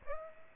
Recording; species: mosquito wingbeat signal from an infrared sensor; Aedes aegypti